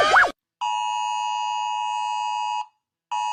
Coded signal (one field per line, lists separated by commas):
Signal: Emergency Alert System (SAME) tones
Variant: 853 and 960 Hz attention tone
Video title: Rating Eas Alarms (pt.1)